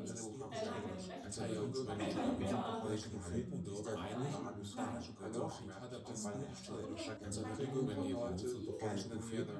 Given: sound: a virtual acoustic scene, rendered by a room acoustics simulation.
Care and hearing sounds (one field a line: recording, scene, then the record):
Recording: noise of the scene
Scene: living room, symmetric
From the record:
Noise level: 70 dB SPL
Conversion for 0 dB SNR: 6.9 dB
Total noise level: 76.9 dB SPL